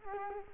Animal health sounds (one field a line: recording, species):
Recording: mosquito wingbeat signal from an infrared sensor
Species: Culex quinquefasciatus